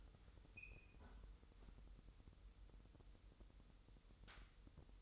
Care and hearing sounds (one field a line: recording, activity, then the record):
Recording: daily activity, microphone in the room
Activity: close fridge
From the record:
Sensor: 3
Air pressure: 988.4 hPa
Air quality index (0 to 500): 191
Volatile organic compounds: 268 ppm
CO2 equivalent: 4406 ppm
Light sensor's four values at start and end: 24/75/31/27 and 24/75/31/27